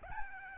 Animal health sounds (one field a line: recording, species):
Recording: mosquito wingbeat signal from an infrared sensor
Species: Aedes albopictus